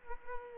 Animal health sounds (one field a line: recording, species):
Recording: mosquito wingbeat signal from an infrared sensor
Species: Aedes aegypti